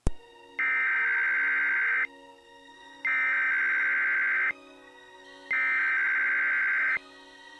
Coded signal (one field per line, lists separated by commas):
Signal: Emergency Alert System (SAME) tones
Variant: header bursts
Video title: EAS 3975-3979: Sunday Morning EAS Tests + SOME Relays From 11/06/22